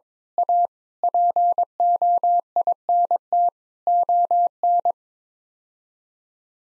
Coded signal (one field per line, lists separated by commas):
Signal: Morse code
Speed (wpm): 22 wpm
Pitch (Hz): 700 Hz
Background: none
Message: A POINT ON